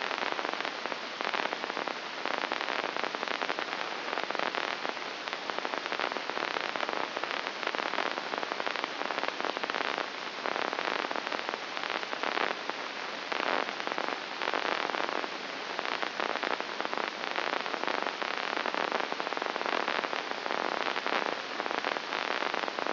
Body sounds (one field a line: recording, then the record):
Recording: brain microelectrode recording played as sound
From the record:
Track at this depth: inside the subthalamic nucleus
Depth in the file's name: 3.102 mm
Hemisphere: left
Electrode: 2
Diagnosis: Parkinson's disease